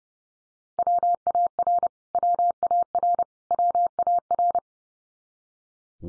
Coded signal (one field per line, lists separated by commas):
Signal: Morse code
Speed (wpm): 29 wpm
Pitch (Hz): 700 Hz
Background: none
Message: WAR WAR WAR